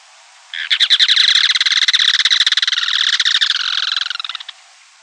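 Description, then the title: Yellow-chinned spinetail song: one sustained rapid rattle of dry, metallic notes running about four seconds, loudest early and gradually fading before stopping. "LuckyPassaro Completos2Sama. Yellow-chinned Spinetail (Certhiaxis cinnamomeus)"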